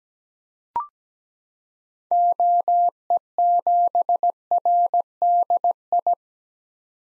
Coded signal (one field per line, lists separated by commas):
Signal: Morse code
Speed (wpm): 17 wpm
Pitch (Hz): 700 Hz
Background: none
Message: OE7RDI